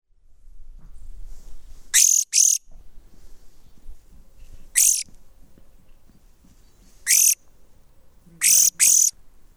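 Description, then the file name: European greenfinch giving short, harsh, hissing calls, six in all, some in quick pairs, spaced irregularly throughout against a quiet low background. "Chloris chloris"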